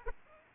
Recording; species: mosquito wingbeat signal from an infrared sensor; Aedes aegypti